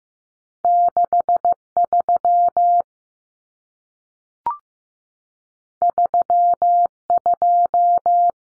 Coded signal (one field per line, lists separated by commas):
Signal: Morse code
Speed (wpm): 15 wpm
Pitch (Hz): 700 Hz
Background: none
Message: 63 32